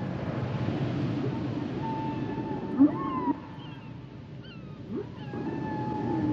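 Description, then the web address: Whale song of sparse thin whistles and a few brief low upsweeps over steady background hiss. "Natures Songs Whale Songs Whales and Dolphins - whale nature sounds songs"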